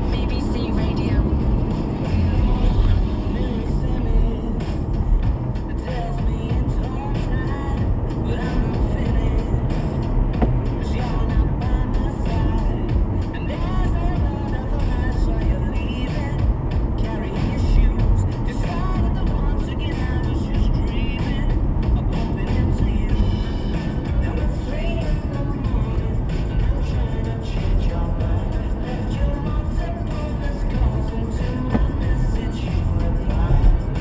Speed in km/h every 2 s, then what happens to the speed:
77, 68, 69, 77, 84, 85, 84, 82, 84, 84, 76, 68, 63, 68, 72, 69, 74.
0-3 slows to 68. 3-9 speeds up to 85. 9-17 steady at about 84. 17-23 brakes to 63. 23-34 speeds up to 74.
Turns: none.